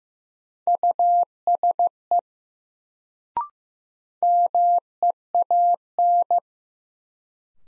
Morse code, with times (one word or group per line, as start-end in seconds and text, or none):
0.7-2.2 USE
4.2-6.4 MEAN